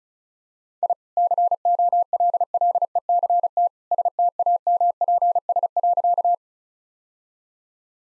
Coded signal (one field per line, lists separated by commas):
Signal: Morse code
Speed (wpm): 36 wpm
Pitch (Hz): 700 Hz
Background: none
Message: I COLLECT STAMPS.